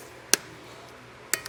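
A Konig K-Summit tire chain mount hub is tightened onto the wheel of a 2022 Ford Bronco Sport with the included torque wrench. The wrench gives a sharp, bright click at 0.3 s, followed by two more short clicks at about 1.3 s and 1.5 s over quiet background noise. The wrench clicked at its setting, so the mounting hardware is tightened and the hub is clicked into place.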